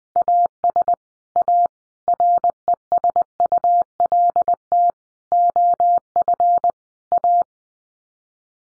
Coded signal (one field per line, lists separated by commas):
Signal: Morse code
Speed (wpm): 20 wpm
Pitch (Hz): 700 Hz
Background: none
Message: AS A RESULT OF A